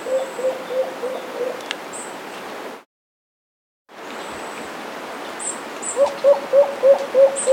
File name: black billed cuckoo dove